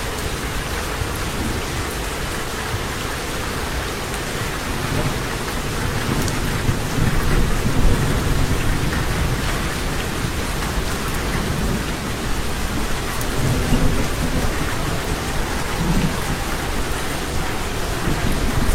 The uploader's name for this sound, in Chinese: 倾盆大雨、电闪雷鸣，狂风四起